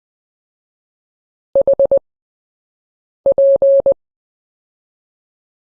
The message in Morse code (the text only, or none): HP